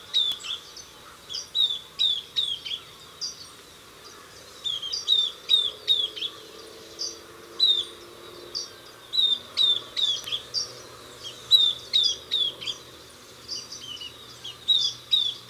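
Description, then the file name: Southern beardless tyrannulet repeating high, thin, down-slurred whistles in rapid clusters. "Camptostoma obsoletum - Southern Beardless Tyrannulet"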